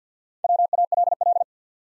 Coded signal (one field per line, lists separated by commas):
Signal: Morse code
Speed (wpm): 49 wpm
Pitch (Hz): 700 Hz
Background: none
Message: WALL